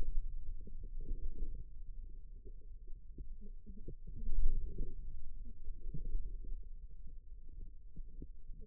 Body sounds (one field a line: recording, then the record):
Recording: forearm muscle sounds (acoustic myography)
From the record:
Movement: wrist extension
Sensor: system 2, bracelet of six BSWA MPA416 microphones around the upper forearm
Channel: 4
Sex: female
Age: 21 years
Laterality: right